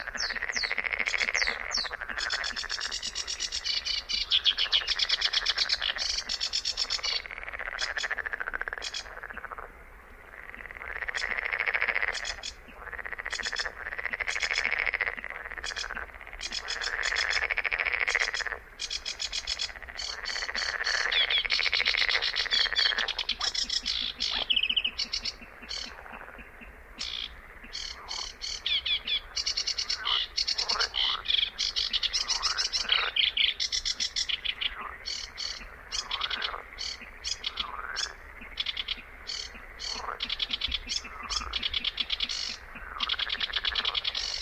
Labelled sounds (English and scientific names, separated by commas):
Sedge Warbler (Acrocephalus schoenobaenus) song